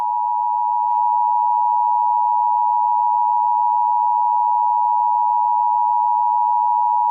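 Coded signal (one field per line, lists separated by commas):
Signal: Emergency Alert System (SAME) tones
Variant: 853 and 960 Hz attention tone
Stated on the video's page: Simulated Hawaiian EAS tsunami scenario, a fictional recreation.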